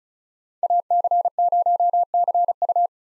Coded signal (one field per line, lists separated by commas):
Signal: Morse code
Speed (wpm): 34 wpm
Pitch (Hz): 700 Hz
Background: none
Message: AC0CU